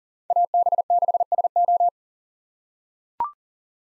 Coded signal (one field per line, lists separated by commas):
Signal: Morse code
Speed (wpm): 40 wpm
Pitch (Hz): 700 Hz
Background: none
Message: AB6SO